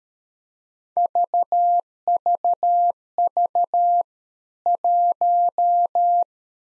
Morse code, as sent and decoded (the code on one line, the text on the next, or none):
...- ...- ...- / .----
VVV 1